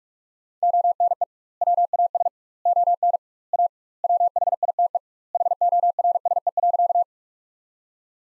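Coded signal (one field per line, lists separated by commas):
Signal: Morse code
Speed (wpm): 46 wpm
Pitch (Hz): 700 Hz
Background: none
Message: ONE WAS ON A WHITE HORSE.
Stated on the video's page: Practice sentences from top 300 words at 45 wpm with double word spacing, a word-level Farnsworth-like method.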